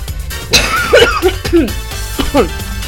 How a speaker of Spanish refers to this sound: Genial, tengo transmisión en vivo y me agarré la tos.